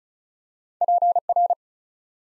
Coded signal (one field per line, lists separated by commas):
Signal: Morse code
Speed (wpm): 36 wpm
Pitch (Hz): 700 Hz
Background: none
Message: PR